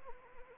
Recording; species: mosquito wingbeat signal from an infrared sensor; Anopheles arabiensis